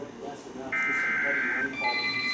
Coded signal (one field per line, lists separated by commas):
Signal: Emergency Alert System (SAME) tones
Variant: header bursts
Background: speech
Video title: (EAS) Severe Thunderstorm Warning For My County